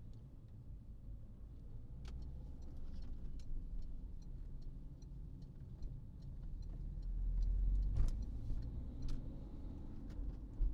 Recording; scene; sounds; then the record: everyday scene through a hearing-aid microphone; in a vehicle; engine, highway driving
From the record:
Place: Berlingo II, diesel engine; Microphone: in the ear canal, right